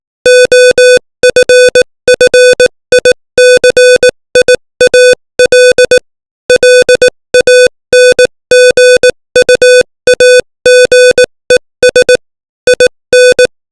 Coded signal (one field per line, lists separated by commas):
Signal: Morse code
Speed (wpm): 18 wpm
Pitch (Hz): 500 Hz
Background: music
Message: OFFICIAL LANGUAGES IN